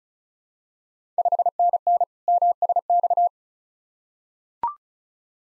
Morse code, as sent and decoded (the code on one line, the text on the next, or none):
..... -. -. / -- ... -..-
5NN MSX